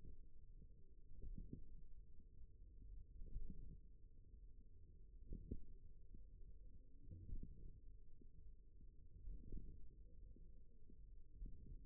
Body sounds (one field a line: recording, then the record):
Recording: forearm muscle sounds (acoustic myography)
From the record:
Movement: wrist extension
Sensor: system 1, eight BSWA MPA416 microphones around the upper forearm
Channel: 3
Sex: male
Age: 41 years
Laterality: right